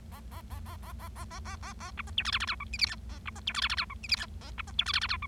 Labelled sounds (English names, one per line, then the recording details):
Bengalese Finch song
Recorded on 25 March 2012 at 11:19
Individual gy6or6